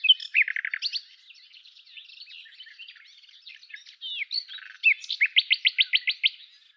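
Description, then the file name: Common nightingale song with an opening burst of fast repeated notes, quiet chattering and slurred whistles in the middle, and a loud rhythmic run of repeated notes at the end. "Luscinia megarhynchos"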